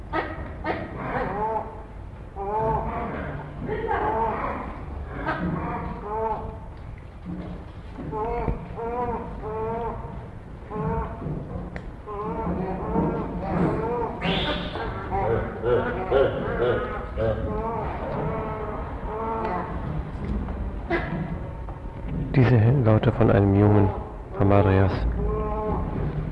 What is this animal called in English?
Hamadryas Baboon